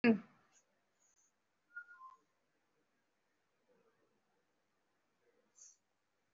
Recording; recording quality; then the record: deep breathing; poor, much background noise or distortion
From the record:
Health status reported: respiratory illness, not identified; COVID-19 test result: negative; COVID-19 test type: RT-PCR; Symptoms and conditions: cough, sore throat, fatigue, muscle pain, asthma, chronic lung disease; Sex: female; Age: 33 years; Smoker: no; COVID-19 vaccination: one dose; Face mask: worn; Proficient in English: no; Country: India